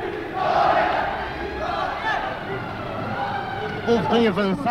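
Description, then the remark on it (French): A large crowd shouts and cheers in a continuous roar, with rising voices chanting together, joined near the end by a few louder, wavering calls above the din. “25 avril, au cours de la matinée. La foule crie « Victoire, victoire !»”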